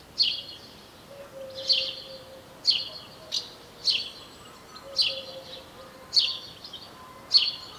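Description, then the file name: House sparrow chirping, a series of several sharp notes at slightly uneven intervals over a quiet, faintly humming background. "Passer domesticus"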